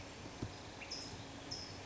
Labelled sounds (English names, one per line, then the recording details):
California Towhee
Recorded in Sonoma County, California